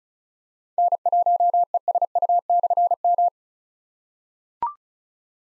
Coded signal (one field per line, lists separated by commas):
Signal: Morse code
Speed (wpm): 36 wpm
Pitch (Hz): 700 Hz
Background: none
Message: N1ESU/M